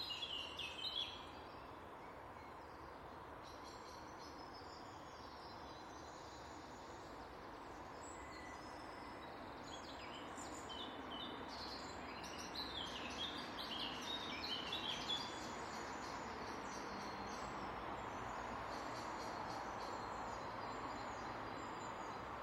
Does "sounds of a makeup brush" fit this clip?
no